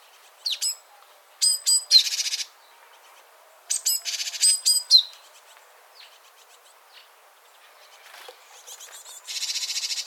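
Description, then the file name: Great tit calls: sharp high ticks leading into dry buzzy churrs, given in several bouts with pauses between. "Parus major"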